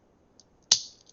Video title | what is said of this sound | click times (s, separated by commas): Vex IQ Wheel Channels (New Version) | can sort of hear that snap. So now it's attached, and now when I take my motor | 0.7 s